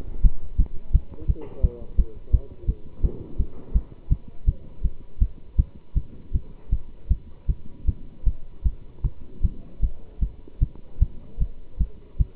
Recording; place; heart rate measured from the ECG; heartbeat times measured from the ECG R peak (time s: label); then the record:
heart sounds by stethoscope; between the tricuspid and mitral areas; 161 bpm
0.22 s: heartbeat
0.57 s: heartbeat
0.92 s: heartbeat
1.27 s: heartbeat
1.61 s: heartbeat
1.96 s: heartbeat
2.31 s: heartbeat
2.67 s: heartbeat
3.02 s: heartbeat
3.37 s: heartbeat
3.73 s: heartbeat
4.09 s: heartbeat
4.46 s: heartbeat
4.82 s: heartbeat
5.19 s: heartbeat
5.56 s: heartbeat
5.94 s: heartbeat
6.32 s: heartbeat
6.70 s: heartbeat
7.08 s: heartbeat
7.47 s: heartbeat
7.85 s: heartbeat
8.24 s: heartbeat
8.63 s: heartbeat
9.02 s: heartbeat
9.41 s: heartbeat
9.80 s: heartbeat
10.20 s: heartbeat
10.59 s: heartbeat
10.99 s: heartbeat
11.38 s: heartbeat
11.78 s: heartbeat
12.18 s: heartbeat
From the record:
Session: pedaling a stationary bicycle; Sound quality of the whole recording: good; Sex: male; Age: 27 years